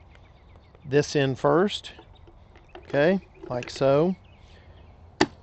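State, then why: Seated. A removable e-bike battery is inserted contact end first into the down tube of a bicycle frame while someone talks. It is pushed back until a single sharp, loud click at 5.2 s shows it has latched and seated.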